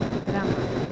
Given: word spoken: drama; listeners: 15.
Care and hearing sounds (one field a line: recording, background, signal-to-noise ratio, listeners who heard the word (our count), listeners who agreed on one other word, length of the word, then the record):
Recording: one Spanish word in noise, from a listening test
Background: noise modulated by three-talker babble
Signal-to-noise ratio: -4.2 dB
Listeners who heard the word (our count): 0 of 15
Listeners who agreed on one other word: 11 of 15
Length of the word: 0.52 s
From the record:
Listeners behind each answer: 11, 1, 1, 1, 1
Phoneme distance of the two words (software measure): 10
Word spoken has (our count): 2 syllables, 5 phonemes, stress on syllable 1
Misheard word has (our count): 2 syllables, 5 phonemes, stress on syllable 1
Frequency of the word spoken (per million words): 20.88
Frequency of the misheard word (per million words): 18.76